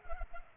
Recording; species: mosquito wingbeat signal from an infrared sensor; Culex pipiens